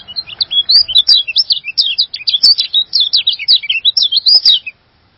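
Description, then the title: A bird delivers a long, rapid stream of high, squeaky, twittering notes for nearly five seconds, then falls silent. "burung online"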